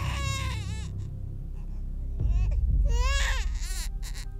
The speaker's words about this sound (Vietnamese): Bên tai của mụ là tiếng trẻ con khóc choe choé, nghe đến giận cả người. Mụ phải bịt chặt tai lại để không phải nghe những âm thanh đó.